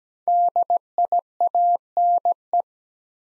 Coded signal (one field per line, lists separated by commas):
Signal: Morse code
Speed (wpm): 17 wpm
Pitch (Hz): 700 Hz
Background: none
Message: DIANE